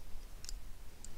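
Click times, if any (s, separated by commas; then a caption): none. The convertible top rear lock on its hydraulic lock cylinder of a 1995–2002 Mercedes R129 SL-Class is handled as the cylinder shaft is extended to latch the lock in its open position, so it does not come down when the pump starts and send a false signal to the controller. A few faint, short high-pitched ticks sound over a low steady background. Nothing has seated or clicked home yet.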